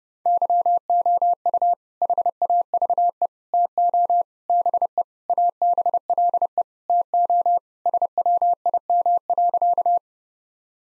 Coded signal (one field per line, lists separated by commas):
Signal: Morse code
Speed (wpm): 30 wpm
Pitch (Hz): 700 Hz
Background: none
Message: YOU HAVE TO BE ABLE TO SWIM.